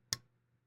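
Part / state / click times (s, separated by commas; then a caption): folding knife blade into its closed detent in the handle / seated / 0.1 s. The blade of a Holt Bladeworks Morpheus folding knife is closed so the steel detent ball in the handle catches it, giving a single sharp, bright click at 0.1 s over a faint steady low hum. The blade seats cleanly in its closed detent.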